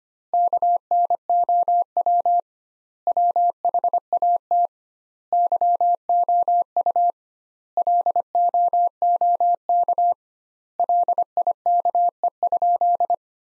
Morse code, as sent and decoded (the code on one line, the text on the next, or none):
-.- -. --- .-- / .-- .... .- - / -.-- --- ..- / .-.. --- --- -.- / .-.. .. -.- . ..--..
KNOW WHAT YOU LOOK LIKE?